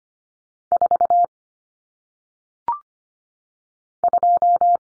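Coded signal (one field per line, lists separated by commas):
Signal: Morse code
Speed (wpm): 25 wpm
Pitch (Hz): 700 Hz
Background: none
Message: 4 2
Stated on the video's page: Single-digit numbers sent in Morse at 25 wpm for head-copy practice, each sent, spoken, then sent again.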